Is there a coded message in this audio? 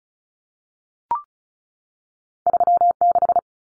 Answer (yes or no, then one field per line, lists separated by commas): yes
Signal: Morse code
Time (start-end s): 2.5-3.4 s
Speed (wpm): 34 wpm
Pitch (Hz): 700 Hz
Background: none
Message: 36